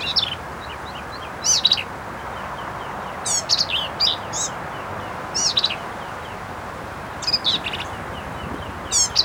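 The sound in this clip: Black-capped vireo song: repeated brief high phrases of raspy chatter and slurred notes, every two seconds or so.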